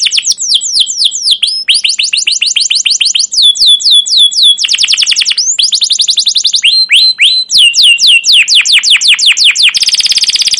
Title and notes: CUIT CUIT NGEROL LANGSUNG GACOR PANJANG Kenari Ini AMPUH Utk Pancingan KENAR. PANCINGAN Kenari GACOR PANJANG Cuit CUIT EMOSI ini AMPUH utk MASTERAN Kenari PAUD belajar BUNYI. burung kenari